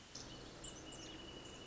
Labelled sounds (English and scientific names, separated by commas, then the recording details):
Wrentit (Chamaea fasciata)
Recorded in Sonoma County, California